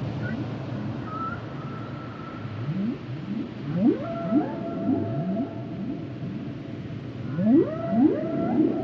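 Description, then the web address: Whale song: rising upsweeps repeated in quick pairs and bursts, with long, level tonal moans held high above them over a low rumbling background. "Natures Songs Whale Songs Whales and Dolphins - whale nature sounds songs"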